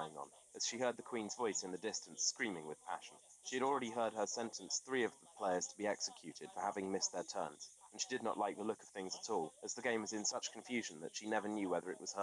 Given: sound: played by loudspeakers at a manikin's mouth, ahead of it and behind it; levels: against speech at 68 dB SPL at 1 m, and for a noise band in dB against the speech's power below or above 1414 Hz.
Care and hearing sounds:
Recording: test signals for a remote microphone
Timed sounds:
0.00-12.23 s: man speaking, babble ahead at +6 dB SNR for speech at 1 m
From the record:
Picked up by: remote microphone D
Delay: 24 ms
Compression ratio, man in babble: 1.14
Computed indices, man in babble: HASPI 0.996, HASQI 0.277 (non-linear 0.318, linear 0.872), ESTOI 0.748

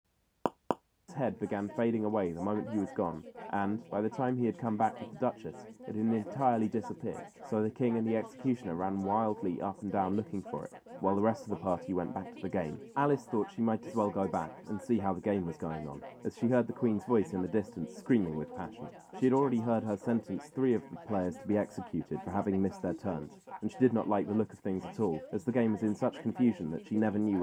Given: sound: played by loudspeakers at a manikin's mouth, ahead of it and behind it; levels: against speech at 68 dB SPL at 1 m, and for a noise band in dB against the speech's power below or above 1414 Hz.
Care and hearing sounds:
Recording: test signals for a remote microphone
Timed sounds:
0.46 s: click
0.71 s: click
1.08-27.42 s: man speaking, babble ahead at +6 dB SNR for speech at 1 m
From the record:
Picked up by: measurement microphone

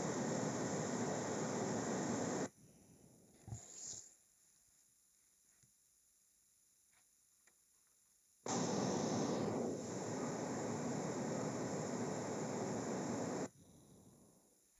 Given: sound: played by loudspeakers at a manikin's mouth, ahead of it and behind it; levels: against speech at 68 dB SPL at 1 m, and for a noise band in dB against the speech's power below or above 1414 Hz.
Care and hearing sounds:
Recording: test signals for a remote microphone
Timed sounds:
0.00-2.46 s: speech-spectrum noise from the mouth, facing ahead
8.46-13.46 s: speech-spectrum noise from the mouth, turned 45 degrees right
From the record:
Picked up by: remote microphone A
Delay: 47 ms

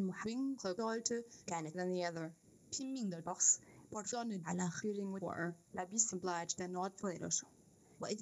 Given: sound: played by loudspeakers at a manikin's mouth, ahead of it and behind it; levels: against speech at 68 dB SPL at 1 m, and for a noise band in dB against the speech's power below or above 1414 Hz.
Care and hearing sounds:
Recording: test signals for a remote microphone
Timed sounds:
0.00-8.22 s: speech test signal (ISTS)
From the record:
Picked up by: remote microphone A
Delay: 47 ms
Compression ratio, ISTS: 4.90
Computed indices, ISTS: SII 0.993, HASPI 0.999, HASQI 0.497 (non-linear 0.574, linear 0.866), ESTOI 0.858

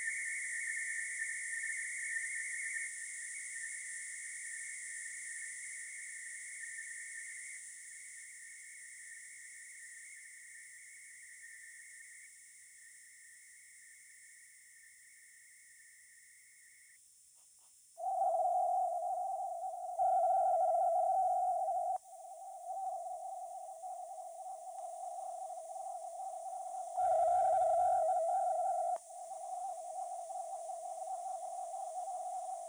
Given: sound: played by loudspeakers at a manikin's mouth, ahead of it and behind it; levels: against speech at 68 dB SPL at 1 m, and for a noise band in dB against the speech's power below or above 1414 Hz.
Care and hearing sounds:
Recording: test signals for a remote microphone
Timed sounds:
0.00-2.87 s: noise band at 2000 Hz, +5 dB
2.87-7.57 s: noise band at 2000 Hz, 0 dB
7.57-12.26 s: noise band at 2000 Hz, -5 dB
12.26-16.96 s: noise band at 2000 Hz, -10 dB
17.96-19.96 s: noise band at 707 Hz, -13 dB
19.96-21.96 s: noise band at 707 Hz, +22 dB
21.96-26.96 s: noise band at 707 Hz, -13 dB
26.96-28.96 s: noise band at 707 Hz, +22 dB
28.96-32.69 s: noise band at 707 Hz, -13 dB
From the record:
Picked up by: remote microphone C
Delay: 23 ms

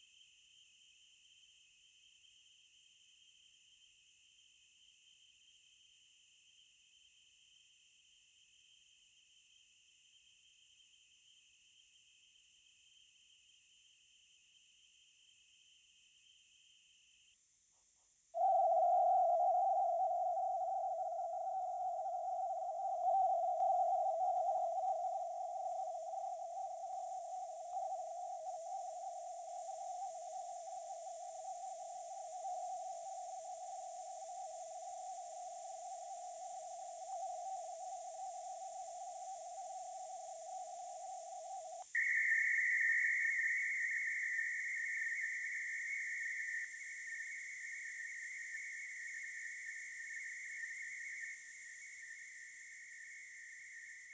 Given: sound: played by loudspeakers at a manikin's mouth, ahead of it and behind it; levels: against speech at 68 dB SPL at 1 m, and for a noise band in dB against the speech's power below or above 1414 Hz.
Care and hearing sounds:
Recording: test signals for a remote microphone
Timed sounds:
0.00-17.34 s: noise band at 2828 Hz, as loud as that band is in speech
18.34-23.03 s: noise band at 707 Hz, -10 dB
23.03-27.73 s: noise band at 707 Hz, -5 dB
27.73-32.43 s: noise band at 707 Hz, 0 dB
32.43-37.12 s: noise band at 707 Hz, +5 dB
37.12-41.82 s: noise band at 707 Hz, +10 dB
41.95-46.64 s: noise band at 2000 Hz, +10 dB
46.64-51.34 s: noise band at 2000 Hz, +5 dB
51.34-54.14 s: noise band at 2000 Hz, 0 dB
From the record:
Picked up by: remote microphone B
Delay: 24 ms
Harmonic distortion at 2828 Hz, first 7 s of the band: under -17 dB (system noise only)

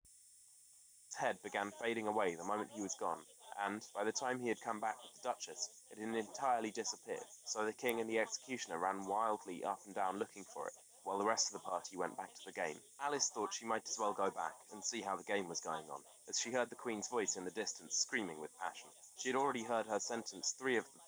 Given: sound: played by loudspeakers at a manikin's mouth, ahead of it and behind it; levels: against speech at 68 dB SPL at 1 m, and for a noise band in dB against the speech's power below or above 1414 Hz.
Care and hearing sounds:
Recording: test signals for a remote microphone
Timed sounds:
1.11-21.08 s: man speaking, babble ahead at +6 dB SNR for speech at 1 m
From the record:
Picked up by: remote microphone D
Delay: 24 ms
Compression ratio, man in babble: 1.14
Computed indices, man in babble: HASPI 0.996, HASQI 0.277 (non-linear 0.318, linear 0.872), ESTOI 0.748

